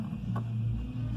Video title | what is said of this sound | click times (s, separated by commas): How to build a computer? (baby level) | Is there a snap? Nope, there was no snap. | none